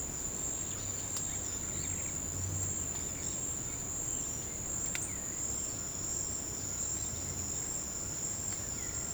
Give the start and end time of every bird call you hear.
0.71s-2.12s: bird call (1.1-6.0 kHz)
2.87s-4.53s: bird call (1.1-6.4 kHz)
5.05s-5.42s: bird call (1.4-3.1 kHz)
8.39s-9.14s: bird call (1.5-2.9 kHz)

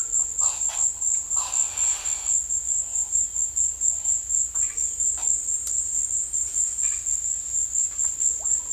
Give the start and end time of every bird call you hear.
0.41s-2.37s: bird call (0.3-6.9 kHz)

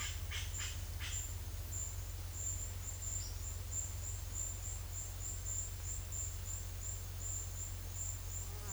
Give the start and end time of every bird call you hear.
0.00s-1.20s: bird call (0.8-6.6 kHz)

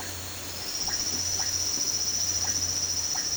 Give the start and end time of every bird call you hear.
0.51s-3.37s: bird call (4.7-6.1 kHz)

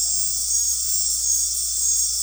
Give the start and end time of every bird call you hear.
0.01s-0.36s: bird call (0.5-1.0 kHz)

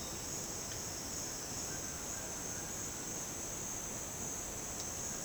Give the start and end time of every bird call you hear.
1.42s-3.19s: bird call (0.9-2.3 kHz)

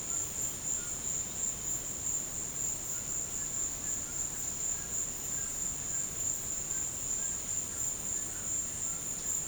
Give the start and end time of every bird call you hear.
2.88s-9.47s: bird call (0.8-1.9 kHz)

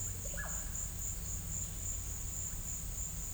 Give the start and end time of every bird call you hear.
0.30s-0.53s: bird call (0.3-2.5 kHz)

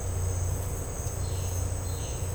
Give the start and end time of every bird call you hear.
1.25s-2.35s: bird call (1.8-4.6 kHz)

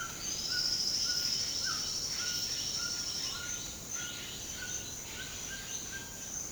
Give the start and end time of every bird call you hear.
0.00s-6.29s: bird call (1.0-2.0 kHz)

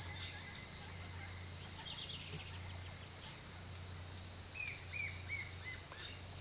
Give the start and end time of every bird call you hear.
0.00s-1.55s: bird call (1.0-4.9 kHz)
1.83s-2.32s: bird call (2.0-5.6 kHz)
4.42s-6.14s: bird call (1.3-2.9 kHz)

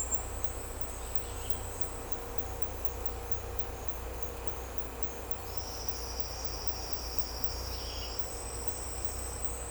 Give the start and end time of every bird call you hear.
7.66s-8.10s: bird call (2.1-4.4 kHz)

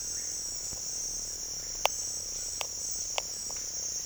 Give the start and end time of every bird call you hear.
0.02s-0.36s: bird call (1.1-2.4 kHz)

